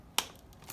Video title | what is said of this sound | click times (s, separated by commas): Setting up the ventilator. Circuiting the servo i ventilator | So this just fits in, and you'll hear a little snap | 0.2 s